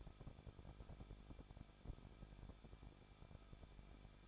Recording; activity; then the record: daily activity, microphone in the room; no activity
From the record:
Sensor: 5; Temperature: 20.8 degrees Celsius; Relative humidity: 38.3%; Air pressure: 1006.4 hPa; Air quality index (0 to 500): 189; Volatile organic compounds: 19 ppm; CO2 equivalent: 2654 ppm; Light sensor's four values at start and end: 2/3/1/1 and 2/3/1/1